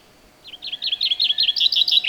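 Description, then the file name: Common chaffinch song: a quick run of bright chipping notes, still going at the end. "Fringilla coelebs"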